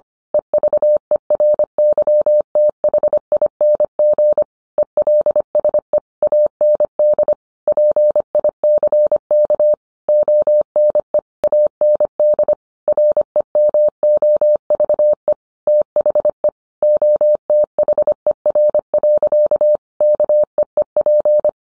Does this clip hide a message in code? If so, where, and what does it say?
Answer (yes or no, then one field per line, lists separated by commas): yes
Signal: Morse code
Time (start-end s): 0.3-21.5 s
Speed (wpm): 25 wpm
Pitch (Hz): 600 Hz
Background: none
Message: EVERYTHING ELSE AND PICK ONE AND REMOVE THE OTHER. KEEP